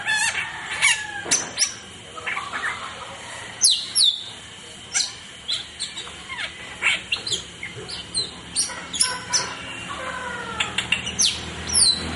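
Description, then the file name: Starling singing a busy, varied string of clear whistles, quick chirps and slurred notes, packed closely throughout with short pauses between bursts. "rajaperling omkicau"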